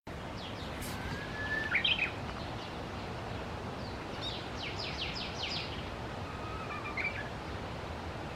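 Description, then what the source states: Japanese bush warbler singing faintly: a whistle and clipped flourish near the start, a quick run of chirps midway, and another short phrase later, against continuous hiss. Recorded on 24 March 2024.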